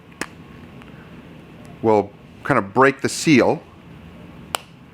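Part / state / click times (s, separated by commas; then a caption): dispenser cap on coating bottle / seated / 4.6 s. The plastic dispenser top of a GlossBaus ceramic coating bottle is turned into its dispensing position, breaking the inner seal, while someone talks. A sharp click sounds at 4.6 s as the cap seats into position and product reaches the spout.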